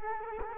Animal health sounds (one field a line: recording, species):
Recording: mosquito wingbeat signal from an infrared sensor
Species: Culex quinquefasciatus